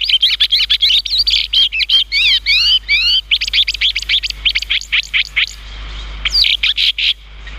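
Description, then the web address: Chestnut-cheeked starling giving rapid, irregular chirps and slurred zigzag notes in a busy run that thins toward the end. "sikioto birds komukudori"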